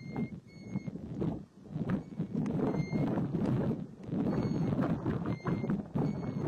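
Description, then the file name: European golden plover song: a few short, clear, slightly rising whistles over strong low noise. "canto da tarambola dourada"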